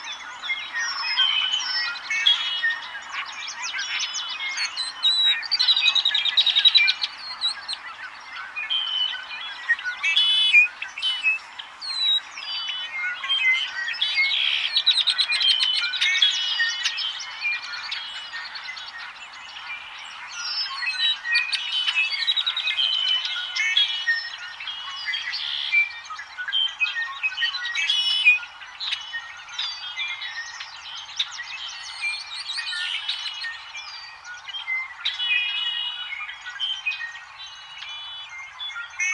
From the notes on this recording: dawn, just before a summer sunrise at Sauvie Island Wildlife Area... blue quail, ring neck doves, redwing blackbirds, bull frogs, pacific chorus frogs